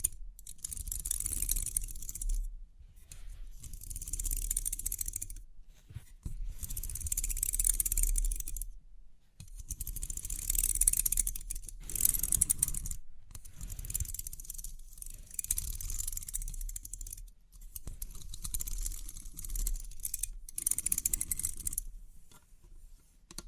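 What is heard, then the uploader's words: Pins of a 3D pin art toy clatter in crisp, bright bursts of a few seconds each, separated by short pauses, with soft low thumps underneath. Crisp 3D Pin Art Tingles(No Talking).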